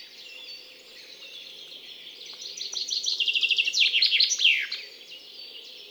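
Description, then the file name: Common chaffinch singing a single bright phrase, a quick tumbling series of notes that ends in a descending flourish, with faint background twittering. "Fringilla coelebs"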